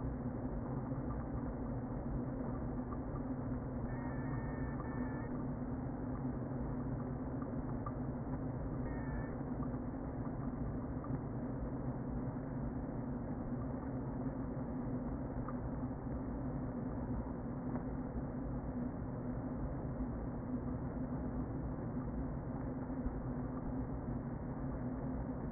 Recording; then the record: honeybee colony, microphone inside the hive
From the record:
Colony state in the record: queen present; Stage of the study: before two queens were removed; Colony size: about 60,000 bees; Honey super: yes